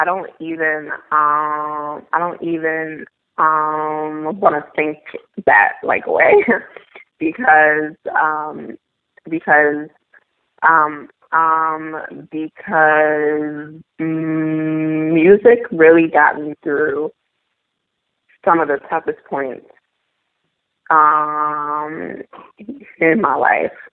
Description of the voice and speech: A young woman with a stutter. She can rap and sing with no hint of her stutter.